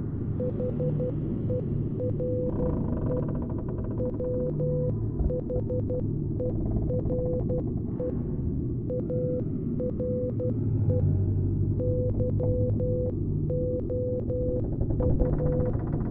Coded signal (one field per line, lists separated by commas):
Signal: Morse code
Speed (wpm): 12 wpm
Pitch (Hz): 500 Hz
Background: none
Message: HERE WHERE ARE YOU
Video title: Inside the Handyman - Morse Code #shorts